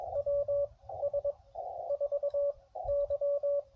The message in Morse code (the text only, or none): WS4Y